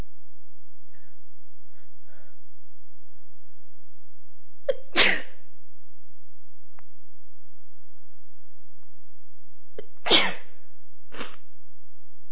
Female violent sneezing.